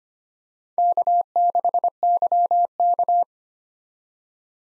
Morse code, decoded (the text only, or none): K6YK